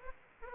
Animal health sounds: mosquito wingbeat signal from an infrared sensor; Aedes aegypti

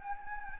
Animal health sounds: mosquito wingbeat signal from an infrared sensor; Anopheles gambiae

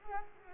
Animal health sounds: mosquito wingbeat signal from an infrared sensor; Culex pipiens

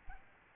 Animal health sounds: mosquito wingbeat signal from an infrared sensor; Aedes albopictus

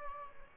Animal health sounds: mosquito wingbeat signal from an infrared sensor; Aedes albopictus

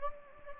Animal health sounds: mosquito wingbeat signal from an infrared sensor; Anopheles gambiae

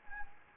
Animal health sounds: mosquito wingbeat signal from an infrared sensor; Anopheles gambiae

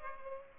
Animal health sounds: mosquito wingbeat signal from an infrared sensor; Culex pipiens

